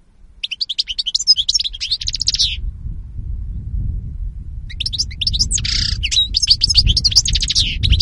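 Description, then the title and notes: European goldfinch twittering song in two rapid bursts separated by a pause, the second including a harsh buzzy note, over steady low-pitched background noise. Spanish goldfinch lure call (reclamo). "JUNIO 2014. Reclamo jilguero espaÑol. La Mañana"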